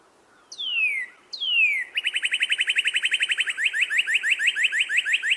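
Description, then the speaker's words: Northern Cardinal song with two sweeping downslurred whistles followed by a fast series of repeated short notes, slowing into slightly longer slurred notes toward the end. Springtime call; its repeated beeping notes are likened to a car alarm. "Right? It's one of my favorite springtime calls. It's the Northern Cardinal. I always think that they sound a little bit like car alarms with that beep, beep, beep, beep, beep, beep. Wee, wee."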